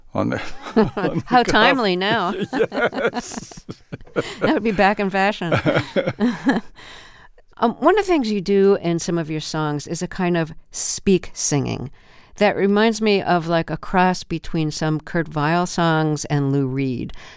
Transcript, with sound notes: How timely now.
Yes.
(LAUGHTER)
That would be back in fashion. One of the things you do in some of your songs is a kind of speak-singing that reminds me of, like, a cross between some Kurt Weill songs and Lou Reed.